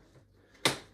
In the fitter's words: and then it snaps